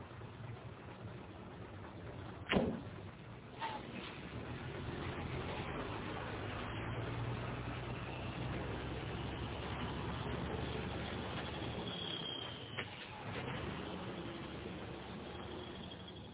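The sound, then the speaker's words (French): A truck rumbles along steadily, its low engine drone and road noise holding a constant level, broken by a couple of brief sharp knocks early and late. “Dix minutes après, le camion passe devant un aéroport.”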